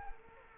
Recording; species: mosquito wingbeat signal from an infrared sensor; Culex quinquefasciatus